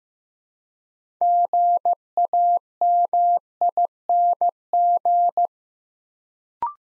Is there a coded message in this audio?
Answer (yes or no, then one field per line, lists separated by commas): yes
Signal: Morse code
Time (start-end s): 1.2-5.5 s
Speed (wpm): 15 wpm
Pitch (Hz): 700 Hz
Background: none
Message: GAMING